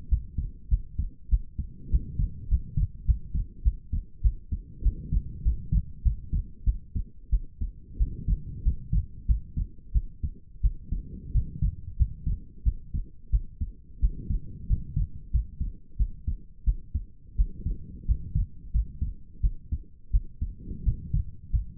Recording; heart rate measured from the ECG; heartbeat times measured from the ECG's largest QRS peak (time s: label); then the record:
heart sounds by stethoscope; 92 bpm
0.09 s: heartbeat
0.69 s: heartbeat
1.29 s: heartbeat
1.90 s: heartbeat
2.48 s: heartbeat
3.05 s: heartbeat
3.63 s: heartbeat
4.22 s: heartbeat
4.82 s: heartbeat
5.42 s: heartbeat
6.02 s: heartbeat
6.64 s: heartbeat
7.30 s: heartbeat
7.97 s: heartbeat
8.63 s: heartbeat
9.26 s: heartbeat
9.92 s: heartbeat
10.61 s: heartbeat
11.32 s: heartbeat
11.97 s: heartbeat
12.63 s: heartbeat
13.30 s: heartbeat
14.00 s: heartbeat
14.67 s: heartbeat
15.31 s: heartbeat
15.97 s: heartbeat
16.64 s: heartbeat
17.36 s: heartbeat
18.06 s: heartbeat
18.72 s: heartbeat
19.41 s: heartbeat
20.11 s: heartbeat
20.83 s: heartbeat
21.50 s: heartbeat
From the record:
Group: healthy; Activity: rest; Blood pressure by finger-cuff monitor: 102/65 mmHg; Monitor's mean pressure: 74 mmHg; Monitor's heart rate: 91 bpm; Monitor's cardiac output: 7.2 L/min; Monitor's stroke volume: 79 mL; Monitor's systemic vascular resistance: 740 dyn s/cm5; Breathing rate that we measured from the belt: 19 breaths a minute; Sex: female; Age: 19 years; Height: 163 cm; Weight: 48.9 kg